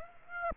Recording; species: mosquito wingbeat signal from an infrared sensor; Aedes aegypti